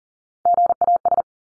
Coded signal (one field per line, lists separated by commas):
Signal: Morse code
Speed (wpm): 40 wpm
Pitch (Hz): 700 Hz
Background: none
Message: GAS